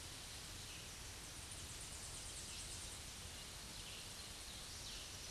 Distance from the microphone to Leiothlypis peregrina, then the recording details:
about 70 m. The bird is about 25 m above the microphone. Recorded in a Pennsylvania forest on 16 May 2024 at 08:03. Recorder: AudioMoth, point MSD-0192. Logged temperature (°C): 16.0 °C. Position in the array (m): 141 m, 114 m